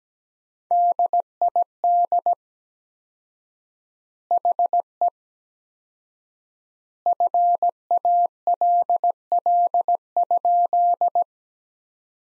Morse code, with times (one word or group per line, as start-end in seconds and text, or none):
0.7-2.3 DID
4.3-5.1 HE
7.1-11.2 FALL?